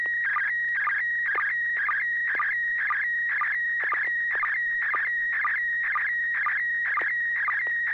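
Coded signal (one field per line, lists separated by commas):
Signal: SSTV (slow-scan television)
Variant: PD120 mode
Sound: steady high whine broken twice a second by warbling chirps and short low blips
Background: low steady hum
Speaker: Yeah, I think so. This will be PD 120, and here we go, N6DVM.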